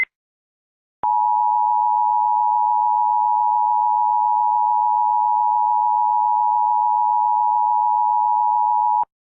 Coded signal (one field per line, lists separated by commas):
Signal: Emergency Alert System (SAME) tones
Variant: 853 and 960 Hz attention tone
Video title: A EAS Scenario #8 Daki and Gyutaro’s Rampage